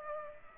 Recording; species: mosquito wingbeat signal from an infrared sensor; Culex pipiens